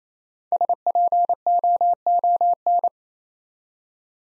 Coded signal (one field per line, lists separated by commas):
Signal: Morse code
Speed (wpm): 29 wpm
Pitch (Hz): 700 Hz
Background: none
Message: SPOON